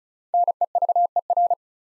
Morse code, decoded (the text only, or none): NEVER